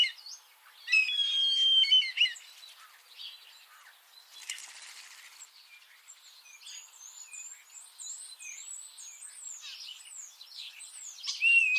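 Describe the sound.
Eurasian starling: a clear level whistle, a brief burst of rustling noise, then continuous high warbling and squeaky wavering notes with a final whistle.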